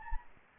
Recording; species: mosquito wingbeat signal from an infrared sensor; Anopheles gambiae